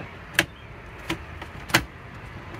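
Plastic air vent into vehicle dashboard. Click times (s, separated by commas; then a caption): 0.4 s, 1.7 s. A plastic dash air vent, labeled for the left or right side, is lined up with its clips and pushed into the dashboard of a Toyota 4Runner. Sharp plastic snaps ring out at 0.4 s and 1.8 s, with fainter ticks at about 1.1 s and 1.4 s in between. The vent snaps into place and is seated.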